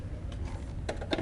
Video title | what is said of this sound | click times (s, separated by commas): Whill Model R Water Resistant Mobility Scooter - Unboxing and Assembly | this and it slides in and it clicks very easy | 0.9 s, 1.1 s